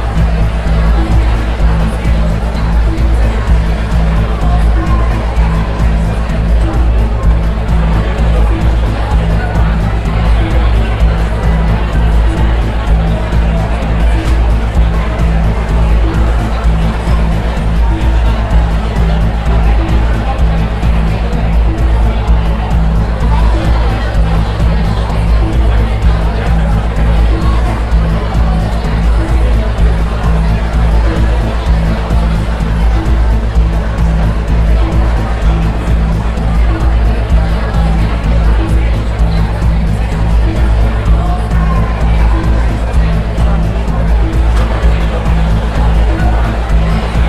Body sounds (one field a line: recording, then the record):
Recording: background sound without coughing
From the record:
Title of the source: Party Noise 1 Hour Party Ambience